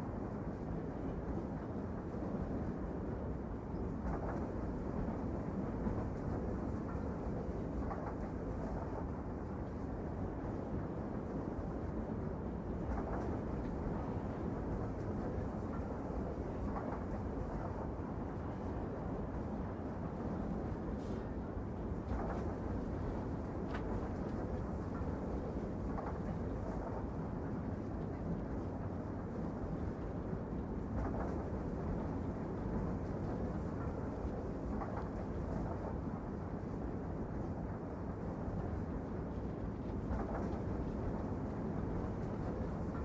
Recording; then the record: background sound without coughing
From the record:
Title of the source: Train Ride Ambience ambient white noise for sleeping, focus, studying, reading